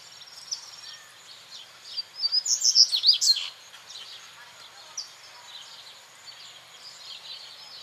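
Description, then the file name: Seedeater song: a burst of quick, high, squeaky notes lasting about a second and a half, against faint continual high background notes. Recorded at El Aromito, Federación, on 8 January 2013 at 19:41. "Corbatita-El-Aromito-Federacion-08012013-1941 hs-Eco Registros"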